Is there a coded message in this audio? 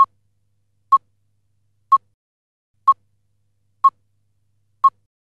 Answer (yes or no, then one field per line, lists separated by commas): no